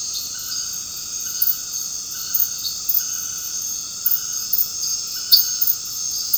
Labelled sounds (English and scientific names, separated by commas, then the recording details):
none
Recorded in dense forest near Puerto Asís, Putumayo, Colombia, on 8 March 2025 at 19:30
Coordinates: 0.486, -76.317
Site G053